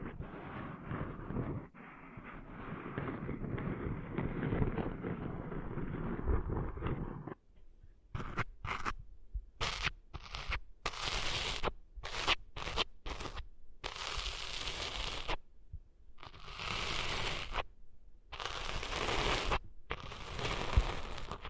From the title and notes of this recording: ASMR Cleaning Sand Out of Your Ears (No Talking).